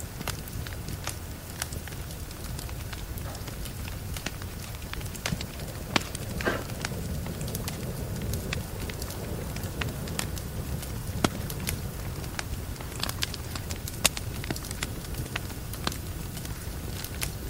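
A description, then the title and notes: Rain and a crackling fire mix into a steady low rumble with a dense hiss on top. Sharp pops and snaps cut through irregularly, a few every second or so, with a brighter crack near six seconds and louder pops around eleven and fourteen. Autumn cuddles with your boyfriend and kitten with rain and fire in the background.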